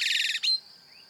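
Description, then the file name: Common blackbird song ending: a rapid, squeaky high twitter that breaks off, followed by a faint soft whistle, against a thin steady high tone. "Turdus merula"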